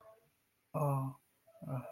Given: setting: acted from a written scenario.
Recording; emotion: vocal sound without words; guilt